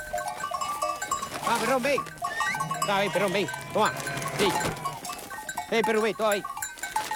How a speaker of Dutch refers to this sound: kijkend naar de kudde schapen die bijeengedreven werd en nu binnen een stevig ijzerwerk de nacht zal doorbrengen.